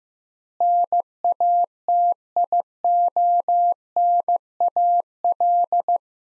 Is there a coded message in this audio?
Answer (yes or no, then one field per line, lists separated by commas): yes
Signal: Morse code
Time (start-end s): 0.6-6.0 s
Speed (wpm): 15 wpm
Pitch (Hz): 700 Hz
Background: none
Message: NATIONAL